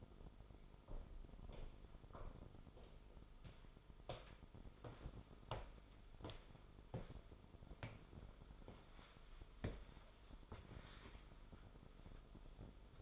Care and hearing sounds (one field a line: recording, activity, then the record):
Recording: daily activity, microphone in the room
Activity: walk to room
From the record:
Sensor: 5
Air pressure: 988.3 hPa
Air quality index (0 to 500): 193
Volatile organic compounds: 60 ppm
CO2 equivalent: 3422 ppm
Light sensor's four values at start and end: 47/143/56/60 and 62/152/65/78